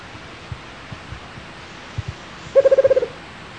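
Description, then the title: Rufous-capped motmot call, a brief, low, rapidly pulsed hooting trill of about eight notes near the end, over steady background hiss and faint soft thumps. "LuckyPassaro Completos2Sama. Rufous-capped Motmot (Baryphthengus ruficapillus)"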